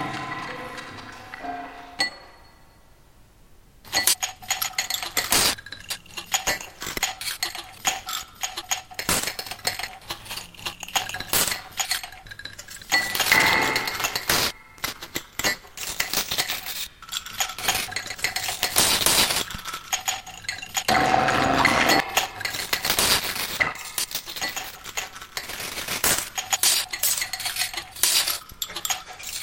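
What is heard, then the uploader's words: Ice rattles and clinks in glasses in dense, bright bursts, quiet for the first few seconds, then busy shaking with louder swells around 13 and 21 seconds. Another January evening, another recording of ice rattling in glasses. I chopped small sections out of the recording of the ice cubes [& bevarage] and set them to rattle away in a more or less randomised pattern at 108bpm. I processed it further in audiomulch - making a couple grittier/degraded versions.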